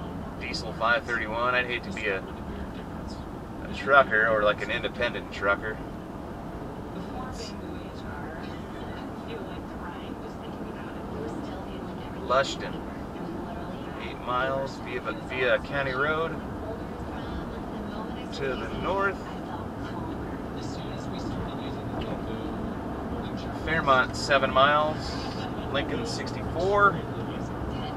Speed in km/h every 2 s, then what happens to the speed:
71, 71, 71, 71, 71, 72, 74, 76, 77, 81, 84, 87, 90, 93.
0-11 steady at about 71. 11-28 speeds up to 93.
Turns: none.